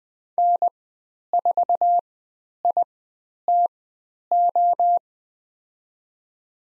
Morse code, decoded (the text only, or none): N4ITO